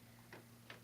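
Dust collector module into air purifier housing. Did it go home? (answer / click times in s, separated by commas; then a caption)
yes / 0.3 s, 0.7 s. A plastic dust collector module is pushed into an air purifier housing, stacking into place, with two short clicks at 0.3 s and 0.7 s over a steady low hum. The module snaps home and is seated.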